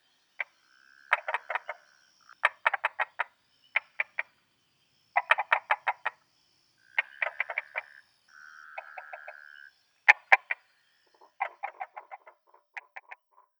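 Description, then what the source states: Tree frog giving dense runs of rattling clicks, broken by three steady mid-pitched hums, with a softer, quicker series of pulses near the end. Taiwan.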